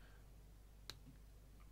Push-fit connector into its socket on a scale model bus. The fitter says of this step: that sort of clicked into place so much of you're not sure if you would have heard that and